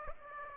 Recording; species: mosquito wingbeat signal from an infrared sensor; Aedes aegypti